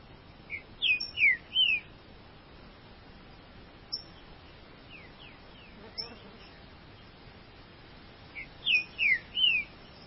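Green-winged saltator song given twice, each phrase three rich, down-slurred whistles, with quieter notes between the two phrases.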